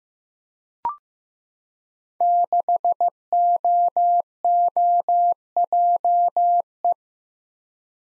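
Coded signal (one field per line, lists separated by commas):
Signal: Morse code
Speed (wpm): 15 wpm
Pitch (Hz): 700 Hz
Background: none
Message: 6OOJE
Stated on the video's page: Five-character letter and number code group drill at 15 wpm, each group sent in Morse, spoken, then sent again.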